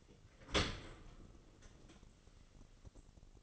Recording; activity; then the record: daily activity, microphone in the room; open dishwasher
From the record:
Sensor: 4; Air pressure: 1003.9 hPa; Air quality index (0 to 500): 146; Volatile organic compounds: 2 ppm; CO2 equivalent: 1043 ppm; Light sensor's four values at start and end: 19/45/19/20 and 20/47/20/20